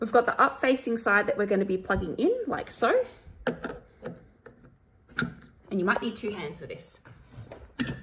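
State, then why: Seated. An endoscope's connector plug is pushed, up-facing side first, into a video processor socket, possibly with two hands, while someone talks. Small handling knocks and taps follow before a sharp click at 7.8 s shows the plug is fully seated.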